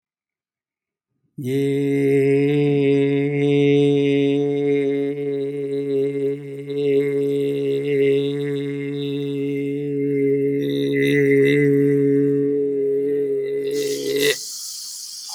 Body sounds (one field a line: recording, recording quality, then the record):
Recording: sustained vowel as in made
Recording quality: excellent, no background noise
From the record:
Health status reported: healthy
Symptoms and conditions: hypertension, diabetes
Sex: male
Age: 62 years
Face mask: not worn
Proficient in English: yes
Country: India